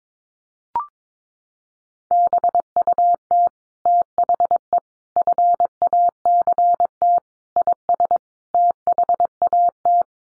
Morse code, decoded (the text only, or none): BUT THE FACT IS THAT